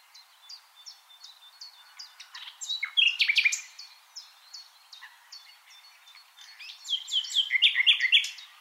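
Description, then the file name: Common nightingale song: runs of short, high notes and loud, varied bursts of rich whistles and rattling notes. "Luscinia megarhynchos"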